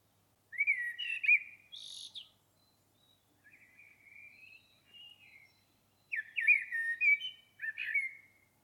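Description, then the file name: Common blackbird song: melodious fluted phrases with high squeaky endings, softer mid-pitched warbling between, then two loud phrases close together. "Turdus merula"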